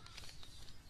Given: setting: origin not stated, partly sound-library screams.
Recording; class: one-second piece from a danger detection set; normal situation